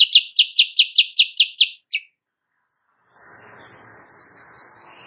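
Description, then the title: Sooty-headed bulbul song: several quick, evenly spaced high chips and a final slurred note, followed by faint background rustle. Morning tutor recording for training songbirds; bird singing energetically (gacor), said to make rival birds answer. "Masteran Kutilang Sutra. Kutilang Sutra GACOR pagi hari bikin lawannya AUTO NYAUT"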